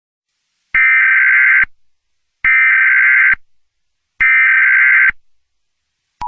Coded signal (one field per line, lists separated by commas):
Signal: Emergency Alert System (SAME) tones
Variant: header bursts